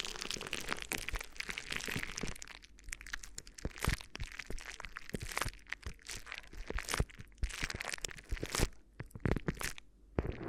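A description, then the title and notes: Crinkly ear massage sounds: dense, irregular crackling and crunching taps throughout, bright and sharp, with brief quieter gaps between bursts. ASMR Addictive Crinkly Ear Massage (No Talking).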